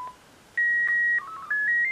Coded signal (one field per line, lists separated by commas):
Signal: SSTV (slow-scan television)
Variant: PD 90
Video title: An Arduino Uno transmitting SSTV